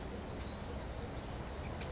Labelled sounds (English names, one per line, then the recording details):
California Towhee
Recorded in Sonoma County, California